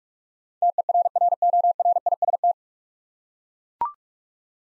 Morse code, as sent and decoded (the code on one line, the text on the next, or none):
- . .-. .-. --- .-. .. ... -
TERRORIST